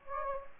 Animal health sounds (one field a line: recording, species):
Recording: mosquito wingbeat signal from an infrared sensor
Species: Anopheles gambiae